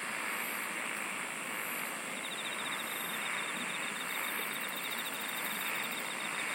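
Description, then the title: Insect song made of steady shrill buzzing, with a quick pulsing trill entering after two seconds and rhythmic high bursts repeating. "SINGING OF INSECTS"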